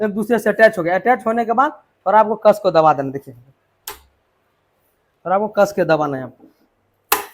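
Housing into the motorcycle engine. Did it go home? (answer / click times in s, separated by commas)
yes / 7.1 s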